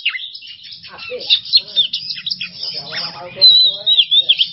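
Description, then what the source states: Oriental magpie-robin song, a fast run of high whistled and scratchy notes with rising and falling slurs, some lower harmonic chatter in the middle. Masteran training recording for songbirds; kacer song in 'bongkar isian emosi' style.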